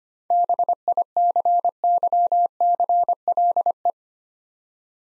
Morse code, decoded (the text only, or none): BICYCLE